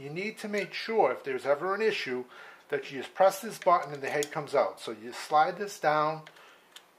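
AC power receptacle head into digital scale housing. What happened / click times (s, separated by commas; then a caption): Handled, not yet home: the power connector head is being slid into place without a seating click / none. Someone talks while handling the removable AC power receptacle head of a Mettler Toledo JL-602 digital scale, which comes out with a button press and slides down into its channel on the back of the scale housing. It must be fully in, or the scale will not run on AC power. Two faint short sounds come near the end, but the head has not seated or clicked yet.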